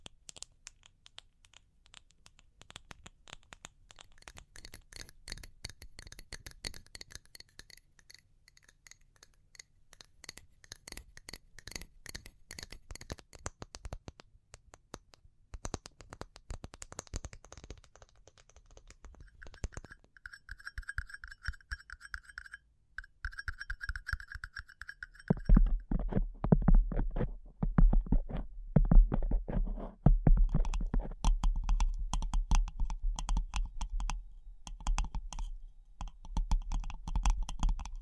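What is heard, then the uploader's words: Fast tapping runs through the clip as dense, rapid clicks, thinning and slowing around the middle, where a short steady ringing tone appears near twenty to twenty-five seconds. After about twenty-five seconds the taps grow louder and heavier, with a deeper thud under each stroke. ASMR Pure Tapping Fast and Slow (No Talking).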